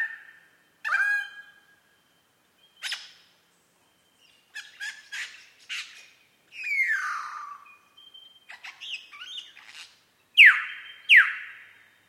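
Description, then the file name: Superb lyrebird song made of separate varied phrases: short whistles, scratchy clicks, a slurred falling note, and two loud downward sweeps at the end. Recorded at Mount Airly; date given as 30 May 2011. "SLB-mt airly"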